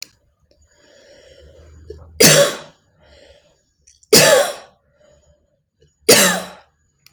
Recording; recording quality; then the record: heavy voluntary cough; excellent, no background noise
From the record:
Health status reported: healthy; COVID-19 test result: negative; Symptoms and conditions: none ticked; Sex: female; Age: 55 years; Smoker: not ticked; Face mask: not worn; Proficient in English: yes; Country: India